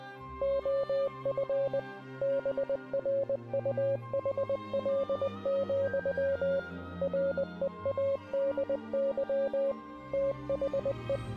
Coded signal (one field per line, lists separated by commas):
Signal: Morse code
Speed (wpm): 20 wpm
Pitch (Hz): 550 Hz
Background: music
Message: OF BRUHL, READY THE